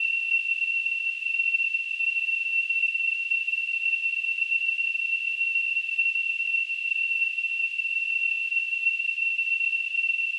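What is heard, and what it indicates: Simulated tinnitus: a continuous, steady high-pitched tone near 2.8 kHz over a faint high-frequency hiss, unchanging in pitch and loudness throughout.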